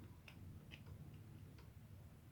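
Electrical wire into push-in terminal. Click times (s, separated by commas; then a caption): 0.3 s, 0.7 s. An incoming live electrical wire is pushed into a push-in terminal of the wiring for a lamp. Two short ticks are heard at 0.3 s and 0.7 s over a steady low hum, and the wire is locked in place.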